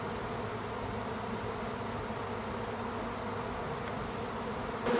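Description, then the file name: Honey bee swarm humming in a constant, even drone of many wings, softer and steady, with a brief louder sound at the very end. "sonido enjambre de Abejas"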